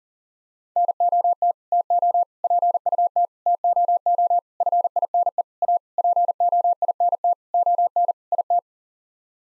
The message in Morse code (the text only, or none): NOT TO PUT TOO FINE A POINT ON IT